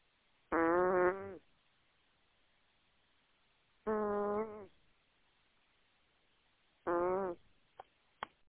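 Three buzzy, tonal bursts, each under a second long, repeat about every three seconds, roughly 18 a minute, with quiet between them. These are the rhythmic vibrating breath sounds of a cat snoring while it sleeps.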